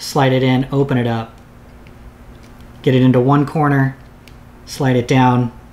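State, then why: Not seated. Someone talks while a flexible TPU landing-pad piece is opened up, hooked into one corner of a 7-inch long-range drone frame arm and slid down toward the second corner. A faint brief tick sounds around 1.9 s during a pause in the talking. The pad has not yet snapped over the second corner, so nothing has seated or clicked yet.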